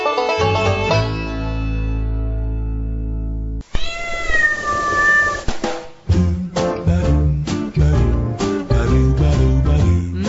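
A sustained droning tone gives way to a noisy tangle of cats meowing and yowling, their cries rising and sliding in pitch, loud and overlapping in rapid, jumbled bursts.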